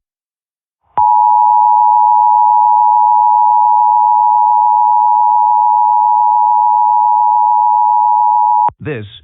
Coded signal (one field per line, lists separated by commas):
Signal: Emergency Alert System (SAME) tones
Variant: 853 and 960 Hz attention tone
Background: speech